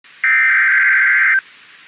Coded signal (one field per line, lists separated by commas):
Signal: Emergency Alert System (SAME) tones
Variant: header bursts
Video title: Severe Thunderstorm Warning for Western Massachusetts (EAS #419)